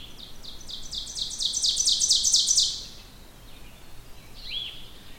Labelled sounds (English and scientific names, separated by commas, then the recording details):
Ovenbird (Seiurus aurocapilla) song
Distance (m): 20 m
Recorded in boreal forest in Alberta, Canada, on 16 June 2016 at 06:23
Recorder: SongMeter 3, array SBT-3-32
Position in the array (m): 161 m, 46 m
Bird 36